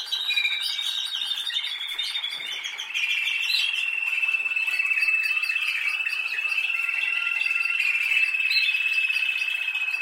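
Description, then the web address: Canary song: a long, even rolling trill held steady near one pitch for most, with softer warbled notes underneath. "Golchin Best Canari Seda Canari. Niyaz Music)"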